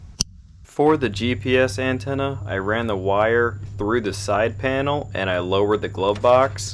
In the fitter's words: Then find the car speaker connector, push them through until you hear that snap.